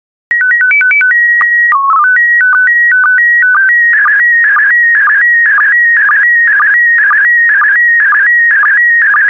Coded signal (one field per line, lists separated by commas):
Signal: SSTV (slow-scan television)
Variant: PD 120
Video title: 6075 Wild Animals SSTV PD120